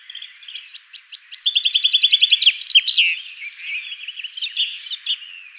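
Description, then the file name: Chaffinch song: rapid repeated notes speeding into a trill and ending in a brief flourish, then softer twittering notes. "Fringilla coelebs"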